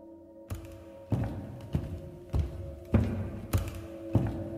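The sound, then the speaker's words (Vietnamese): Slow, heavy footsteps thud up wooden stairs outside a room, about seven dull steps at a steady, deliberate pace, drawing nearer until they stop in front of the room's door, with a faint low hum underneath and no voices. “Rồi nghe ở bên ngoài cầu thang có tiếng bước chân đang đi lên.”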